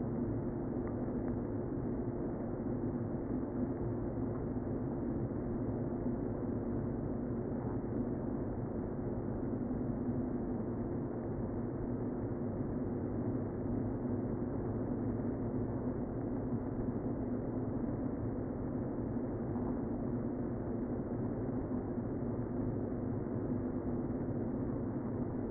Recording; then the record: honeybee colony, microphone inside the hive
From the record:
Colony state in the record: queen present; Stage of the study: before two queens were removed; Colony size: about 60,000 bees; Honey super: yes